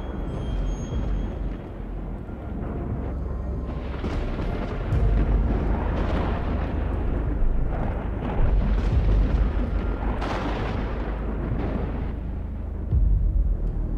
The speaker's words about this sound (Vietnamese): Lão dậm mạnh bàn tay xuống. Cùng lúc ấy trên bầu trời nổi lên tiếng sấm sét kinh thiên động địa.